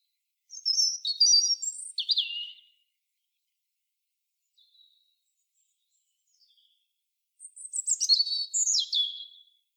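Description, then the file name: European robin song: a bright phrase of high trills ending in a downward slur, faint soft notes during a long gap, then a second cascading phrase of high notes. "Erithacus rubecula"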